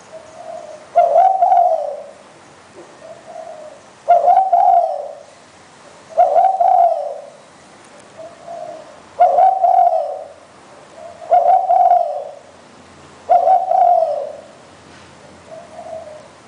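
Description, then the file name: Spotted dove cooing steadily: six husky phrases, with a few soft, quieter coos between them. "นกเขาใหญ่"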